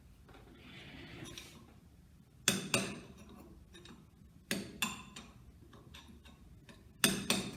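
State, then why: Not seated. A metal retaining ring on a GM V5 A/C compressor clutch shaft is tapped to seat it in its groove. Three pairs of sharp metallic taps sound at about 2.5 and 2.7 s, 4.5 and 4.8 s, and 7.0 and 7.3 s over a quiet background. The ring has not clicked into its groove yet, so it is not confirmed seated.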